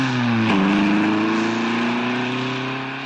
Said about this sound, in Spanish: Y pensando que hay que pasar el invierno, nos vamos al taller mecánico y al lubricentro del cruce, donde seguro ya están calentando algunos motores.